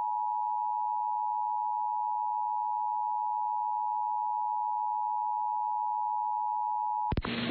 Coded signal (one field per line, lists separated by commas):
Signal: Emergency Alert System (SAME) tones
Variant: 853 and 960 Hz attention tone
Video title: EAS Timeline: Sioux Falls, South Dakota "Green Sky Derecho" of July 5th NOAA Weather Radio